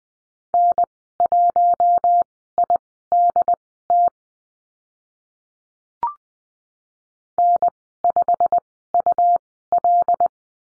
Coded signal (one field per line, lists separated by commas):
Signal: Morse code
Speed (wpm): 20 wpm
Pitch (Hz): 700 Hz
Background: none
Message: N1IDT N5UL